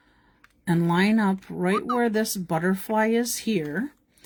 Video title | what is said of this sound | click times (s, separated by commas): Sharing some swaps from Florals In Bloom Suite. Making a card from Beautiful Butterflies Bundle. | this actually will click into | 0.4 s